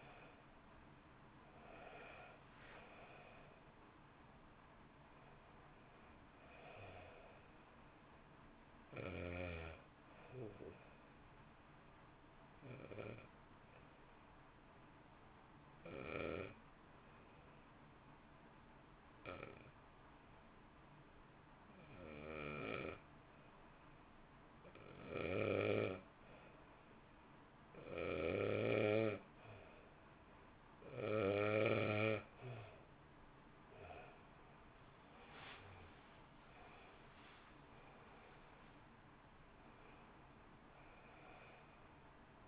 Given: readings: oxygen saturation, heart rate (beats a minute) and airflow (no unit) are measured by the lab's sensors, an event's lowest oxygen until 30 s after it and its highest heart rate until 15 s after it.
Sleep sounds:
breathing in sleep by a voice recorder at the bedside; 1
9.00-37.20 s: hypopnea (N1, oxygen 94% highest, then 85% lowest, heart rate 55 at the start, 67 highest)
19.00-42.48 s: new sleep stage, N2 (light sleep)
From the record:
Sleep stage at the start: N1 (lightest sleep); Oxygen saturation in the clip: 86 to 94%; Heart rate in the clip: 52 to 67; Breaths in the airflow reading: 13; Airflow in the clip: -1.9 to 2.2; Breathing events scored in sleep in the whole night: 328 in 6.3 hours asleep

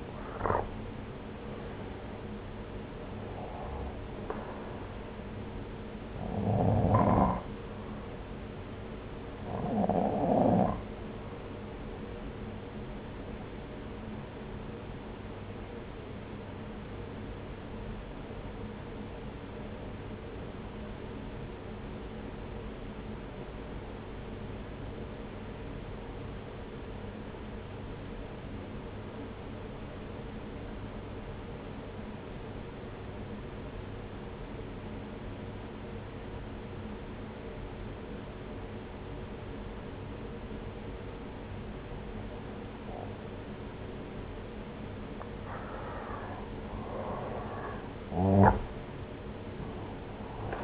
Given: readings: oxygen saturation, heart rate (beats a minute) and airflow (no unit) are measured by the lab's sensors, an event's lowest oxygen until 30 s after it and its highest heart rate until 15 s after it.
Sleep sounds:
breathing in sleep by a voice recorder at the bedside; 1
18.00-46.00 s: obstructive apnea (N1, oxygen 95% highest, then 86% lowest)
21.00-50.64 s: new sleep stage, N2 (light sleep)
From the record:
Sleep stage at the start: N1 (lightest sleep); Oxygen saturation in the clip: 84 to 95%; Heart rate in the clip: 59 to 71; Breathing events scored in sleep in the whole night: 303 in 8.1 hours asleep

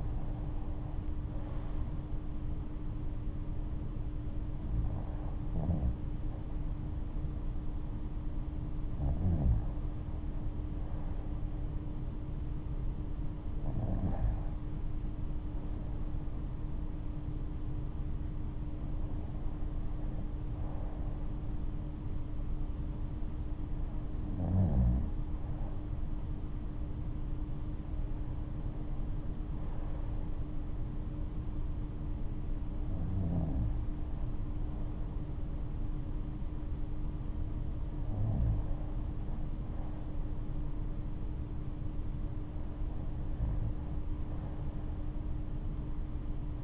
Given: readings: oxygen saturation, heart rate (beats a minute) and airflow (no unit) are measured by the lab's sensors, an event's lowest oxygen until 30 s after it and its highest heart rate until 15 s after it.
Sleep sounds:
breathing in sleep by a smartphone at the bedside; none
none scored
From the record:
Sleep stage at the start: REM sleep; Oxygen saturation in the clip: 96 to 97%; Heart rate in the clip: 67 to 78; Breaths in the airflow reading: 10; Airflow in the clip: -10.4 to 11.2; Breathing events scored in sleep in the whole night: 228 in 5.4 hours asleep

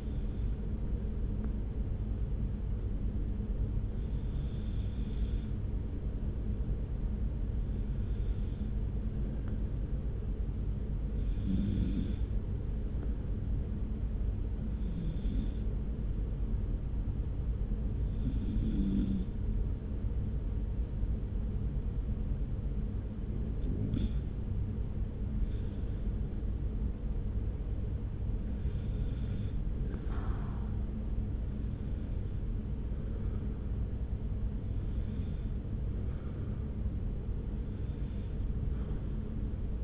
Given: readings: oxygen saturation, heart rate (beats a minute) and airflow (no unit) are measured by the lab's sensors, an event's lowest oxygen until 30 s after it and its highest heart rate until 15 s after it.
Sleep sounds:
breathing in sleep by a smartphone at the bedside; 1
12.00-26.50 s: hypopnea (N1, oxygen 93% highest, then 91% lowest)
From the record:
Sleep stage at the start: N1 (lightest sleep); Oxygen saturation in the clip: 92 to 93%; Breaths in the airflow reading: 13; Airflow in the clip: -1.4 to 2.2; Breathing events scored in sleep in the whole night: 335 in 6.7 hours asleep

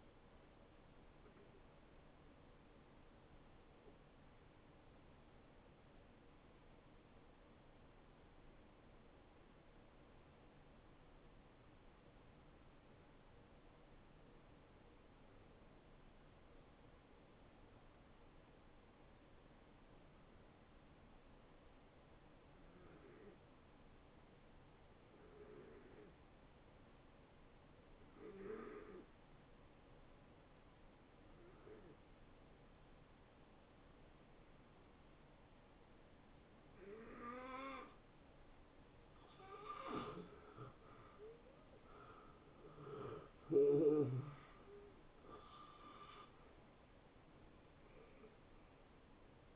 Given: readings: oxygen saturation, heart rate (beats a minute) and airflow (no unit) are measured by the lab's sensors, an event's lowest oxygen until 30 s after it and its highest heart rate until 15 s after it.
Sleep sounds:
breathing in sleep by a voice recorder at the bedside; 1
3.00-39.90 s: hypopnea (N1, oxygen 90% highest, then 79% lowest, heart rate 78 at the start, 84 highest)
11.00-41.00 s: new sleep stage, N2 (light sleep)
41.00-49.56 s: new sleep stage, N1 (lightest sleep)
From the record:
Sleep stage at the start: N1 (lightest sleep); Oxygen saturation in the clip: 81 to 90%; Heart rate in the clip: 69 to 83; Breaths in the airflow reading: 10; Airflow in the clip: -17.6 to 9.6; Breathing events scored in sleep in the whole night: 263 in 5.5 hours asleep

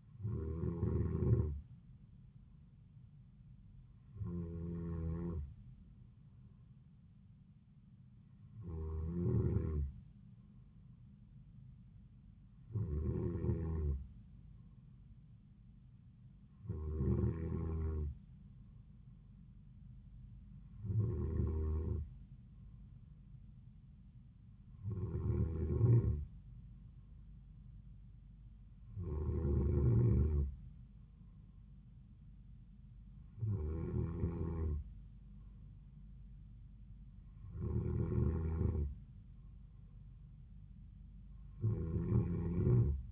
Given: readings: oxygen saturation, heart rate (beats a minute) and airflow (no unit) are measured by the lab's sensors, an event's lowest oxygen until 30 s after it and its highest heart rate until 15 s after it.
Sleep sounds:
breathing in sleep by a smartphone at the bedside; none
none scored
From the record:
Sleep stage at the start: N2 (light sleep); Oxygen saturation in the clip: 93 to 94%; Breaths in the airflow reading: 11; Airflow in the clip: -3.8 to 3.4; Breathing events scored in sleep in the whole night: 270 in 6.1 hours asleep

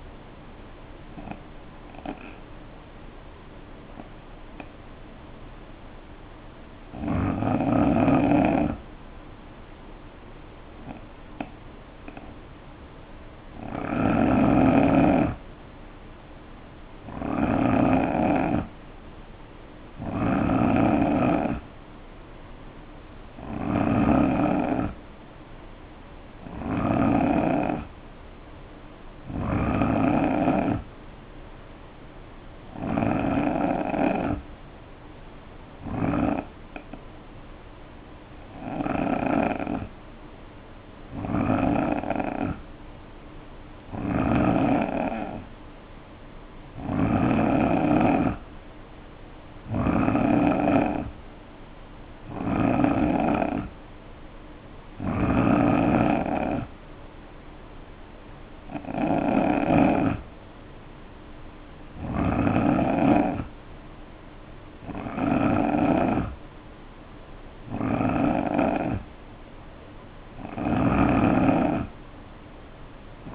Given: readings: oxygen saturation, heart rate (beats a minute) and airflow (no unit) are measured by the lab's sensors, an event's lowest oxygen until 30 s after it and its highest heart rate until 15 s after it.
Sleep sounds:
breathing in sleep by a voice recorder at the bedside; 2
3.00-17.20 s: hypopnea (N3, oxygen 90% highest, then 89% lowest, heart rate 58 at the start, 65 highest)
41.00-53.00 s: hypopnea (N3, oxygen 90% highest, then 86% lowest, heart rate 62 at the start, 69 highest)
From the record:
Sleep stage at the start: N3 (deep sleep); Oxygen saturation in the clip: 86 to 92%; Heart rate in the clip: 58 to 69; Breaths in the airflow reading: 21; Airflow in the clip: -4.1 to 3.1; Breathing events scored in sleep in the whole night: 520 in 7.2 hours asleep

